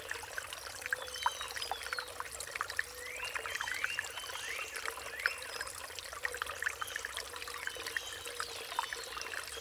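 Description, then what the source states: Songbirds singing: a run of linked, wavering mid-pitched notes in the middle, plus scattered chirps, over trickling water. Riparian zone.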